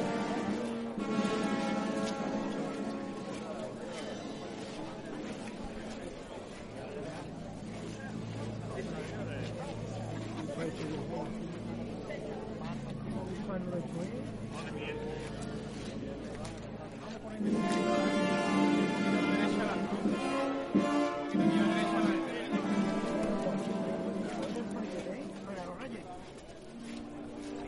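Crowd sounds accompany the passing of the María Santísima de Salud y Esperanza procession through the San Benito neighbourhood, with steady overlapping voices throughout. A low hum runs beneath the middle stretch, and around eighteen seconds the murmur grows louder and busier, with clearer voices.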